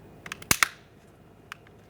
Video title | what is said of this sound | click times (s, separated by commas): How to Replace Master Window Switch 2009-2014 Nissan Maxima | Okay, I didn't hear one over here. | 0.5 s, 0.6 s